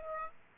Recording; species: mosquito wingbeat signal from an infrared sensor; Aedes aegypti